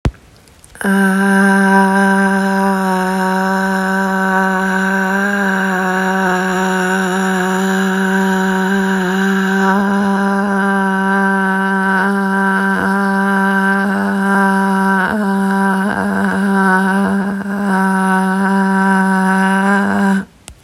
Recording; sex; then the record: sustained vowel /a/; female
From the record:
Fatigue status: no fatigue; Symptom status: asymptomatic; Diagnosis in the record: COVID-19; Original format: m4a